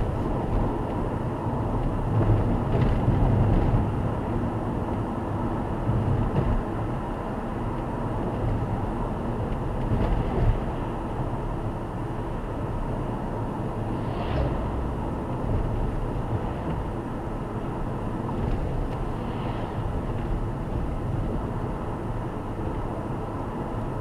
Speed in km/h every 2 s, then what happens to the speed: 91, 94, 93, 91, 87, 84, 81, 80, 80, 81, 81, 83.
3-14 slows to 80. 14-24 steady at about 81.